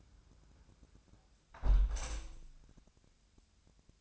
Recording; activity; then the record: daily activity, microphone in the room; close window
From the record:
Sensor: 2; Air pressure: 1000.3 hPa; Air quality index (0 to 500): 130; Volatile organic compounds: 2 ppm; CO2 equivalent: 1089 ppm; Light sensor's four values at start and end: 12/32/12/14 and 11/31/12/14